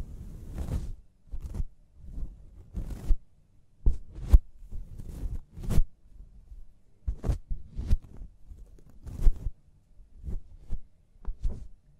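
Scalp massage during a hair wash, heard as a run of short rubbing and scrubbing strokes about once or twice a second, each with a soft low thump and a crisp, papery rustle on top. The pace is uneven, with brief quiet gaps between strokes.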